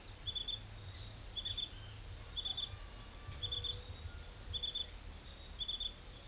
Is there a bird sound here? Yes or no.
no